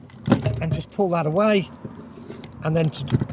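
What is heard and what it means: The fresh-water pump pipe connector is handled at the side water inlet socket of a Swift Challenger 580 caravan, with its blue trigger pulled away, while someone talks. Brief handling knocks and rattles come near the start and again near the end. Nothing has seated or clicked yet, and the connector is not yet pushed back home into its socket.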